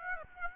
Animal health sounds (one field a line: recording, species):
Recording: mosquito wingbeat signal from an infrared sensor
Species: Aedes aegypti